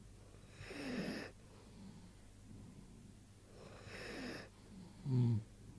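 Two slow, rough snoring breaths about three seconds apart, then a brief low snort at the end.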